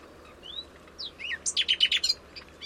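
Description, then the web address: Bird calls: a few slurred whistled notes followed by a quick burst of several sharp high chirps, over soft background hiss. "Bird Only"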